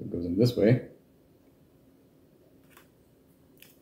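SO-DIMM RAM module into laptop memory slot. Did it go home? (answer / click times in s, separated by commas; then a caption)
no / none. A new SO-DIMM RAM module is lined up with its notch matching the memory slot of a Dell XPS 17 laptop and positioned before being pushed home. Someone talks briefly at the start, then faint short ticks are heard around 2.8 s and 3.6 s. Nothing has seated or clicked yet.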